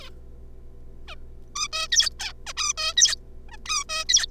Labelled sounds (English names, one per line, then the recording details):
Zebra Finch
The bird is a juvenile
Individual R3549